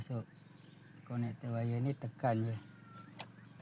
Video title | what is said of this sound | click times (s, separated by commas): Cara Buka,Pasang Steering Wheel Cover-Honda City | ada bunyi klik | 3.2 s